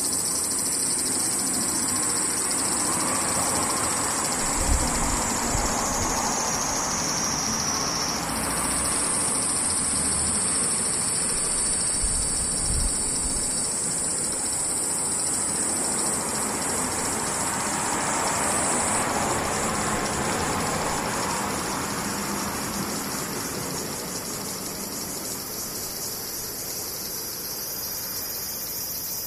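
Cicadas drone steadily in a high, piercing whine that runs the whole way through, shifting pitch slightly around the eighth and nineteenth seconds. Beneath it, a constant rushing rumble like passing traffic fills the low end, with a faint thump near five seconds.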